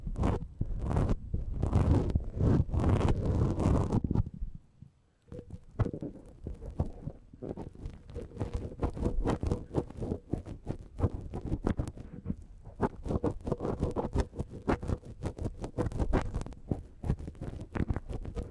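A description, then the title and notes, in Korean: A soft brush swishes rapidly across the microphone, loud and dense at first, pausing near five seconds, then resuming more gently. 마이크를 팁브러시로 슥슥.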